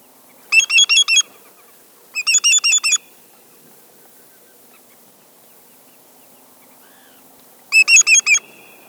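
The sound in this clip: Greater yellowlegs calls in three bursts of several quick ringing notes, separated by long pauses.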